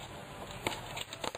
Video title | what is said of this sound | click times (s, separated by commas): Cars Exhaust Manifolds on MoMZooM.com | snap in place | 0.7 s